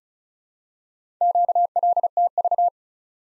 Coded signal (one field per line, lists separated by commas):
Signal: Morse code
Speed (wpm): 36 wpm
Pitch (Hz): 700 Hz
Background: none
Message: QLTV